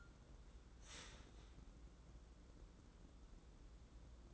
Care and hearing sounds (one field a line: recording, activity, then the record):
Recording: daily activity, microphone in the room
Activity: start toaster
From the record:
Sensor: 3